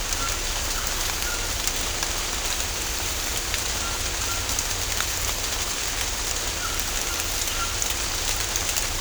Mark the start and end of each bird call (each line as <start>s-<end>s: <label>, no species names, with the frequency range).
0.16s-0.29s: bird call (1.2-2.0 kHz)
0.76s-0.92s: bird call (1.1-2.0 kHz)
1.24s-1.36s: bird call (1.2-2.0 kHz)
3.82s-3.98s: bird call (1.0-2.0 kHz)
4.26s-4.41s: bird call (1.1-2.0 kHz)
6.61s-6.78s: bird call (1.1-1.9 kHz)
7.07s-7.17s: bird call (1.1-2.0 kHz)
7.55s-7.67s: bird call (1.0-1.9 kHz)